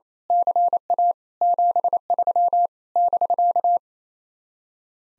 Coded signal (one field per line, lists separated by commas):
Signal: Morse code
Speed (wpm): 26 wpm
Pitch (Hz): 700 Hz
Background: none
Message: CA 73 <BK>